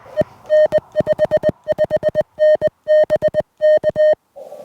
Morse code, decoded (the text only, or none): E N 55N BK